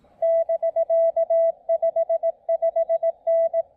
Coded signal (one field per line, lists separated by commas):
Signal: Morse code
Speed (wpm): 19 wpm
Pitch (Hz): 590 Hz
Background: radio noise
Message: <BK> 55N